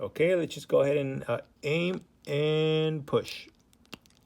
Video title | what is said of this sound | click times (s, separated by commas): SPIDER-MAN (Gamer Verse) by S.H.Figuarts 🕷️🕸️🎮 | Okay, I heard it clicked. So, it's on. Perfect. | 3.9 s